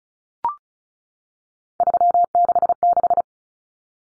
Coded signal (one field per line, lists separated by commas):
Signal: Morse code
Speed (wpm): 34 wpm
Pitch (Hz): 700 Hz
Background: none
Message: 366